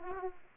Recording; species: mosquito wingbeat signal from an infrared sensor; Aedes aegypti